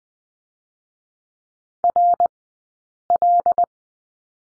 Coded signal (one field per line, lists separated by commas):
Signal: Morse code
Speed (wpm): 20 wpm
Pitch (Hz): 700 Hz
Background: none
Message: RL